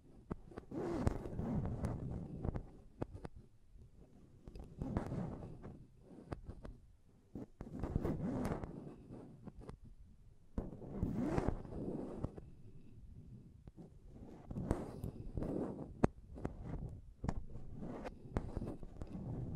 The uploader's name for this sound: Intense Mic Tapping and Scratching Sounds